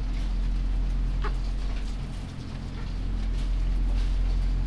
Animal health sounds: poultry house recording; sick chickens (respiratory disease)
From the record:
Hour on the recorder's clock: 1

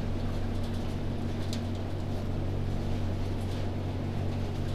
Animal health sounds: poultry house recording; no chicken sound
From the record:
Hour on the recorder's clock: 21

